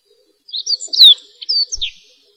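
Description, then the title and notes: Bird song phrase of sharp, high chirps and a clear slurred whistle falling in pitch, delivered rapidly in about a second and a half. Recorded while walking through the recordist's own family orchard, in a quiet setting away from the city. "行走在果园聆清脆鸟鸣实录. 行走在我家果园间，我发现这安静中的鸟鸣声非常难得听到"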